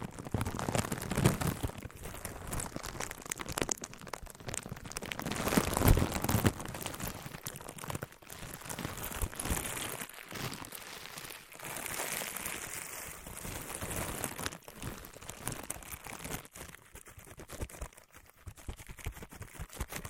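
Materials like wood, cork, sponge and plastic are handled with dense, crinkly crackling throughout, a sharp knock near six seconds, then sparser, quieter scraping.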